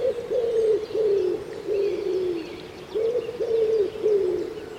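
Common Wood Pigeon cooing: low, soft, hooting phrases of several notes, repeated in two series with a brief pause between them; faint high chirps of other birds in the background.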